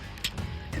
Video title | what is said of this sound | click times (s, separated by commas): Studio Series Scavenger and DEVASTATOR!!! Unboxing, Scavenger Review and Devastator Review | we should hear a click. | 0.2 s